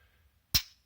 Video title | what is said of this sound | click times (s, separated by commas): Fitting a Second Consumer Unit Part 4 | that just locks in place so that keeps the uh the RCB on | 0.6 s